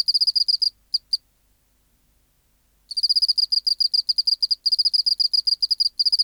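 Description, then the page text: Oceanic field cricket song: a short burst of quick high pulses, a few isolated chirps, a silent gap, then renewed rapid chirping. Recorded in the BMNH Acoustic Laboratory, 19 March 1984, 11:15 local time, 24 °C, 30% humidity, still air, dim light. "412:14 Teleogryllus oceanicus (514r2). BioAcoustica. Natural History Museum Sound Archive. Recording Location: BMNH Acoustic Laboratory Recorded by: W. J. Reynolds Date Recorded: Mandag, marts 19, 1984 Local time: 1115"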